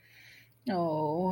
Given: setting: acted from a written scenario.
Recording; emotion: vocal sound without words; sympathy